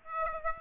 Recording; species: mosquito wingbeat signal from an infrared sensor; Aedes aegypti